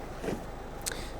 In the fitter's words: i say literally just push the seat back up and it locks into place